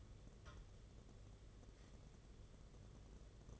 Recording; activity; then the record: daily activity, microphone in the room; take from stove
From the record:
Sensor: 4